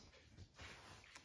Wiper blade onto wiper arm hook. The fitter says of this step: arm and the blade like this and slide it up until it clicks